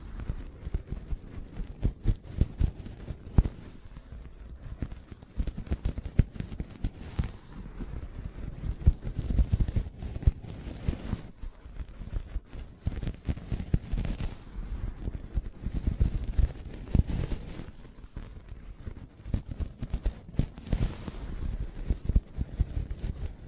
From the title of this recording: Soft Fabric Surface Tapping & Scratching